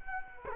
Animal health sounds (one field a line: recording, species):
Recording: mosquito wingbeat signal from an infrared sensor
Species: Culex quinquefasciatus